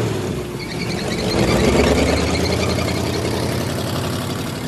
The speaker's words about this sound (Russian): Полицейский садится в патрульную машину и уезжает.